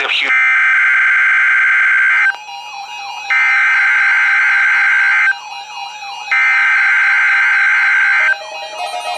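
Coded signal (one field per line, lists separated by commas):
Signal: Emergency Alert System (SAME) tones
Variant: header bursts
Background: speech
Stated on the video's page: Required Weekly Test from NOAA Weather Radio transmitter in Milwaukee, WI.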